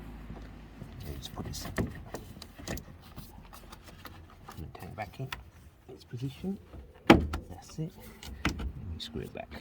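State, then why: Seated. During a full service on a 2017 VW Transporter T6 2.0D, the fuel filter housing is pushed back into its mounting bracket while someone talks. A sharp snap at 7.1 s marks it seating in the bracket, with softer handling knocks around it.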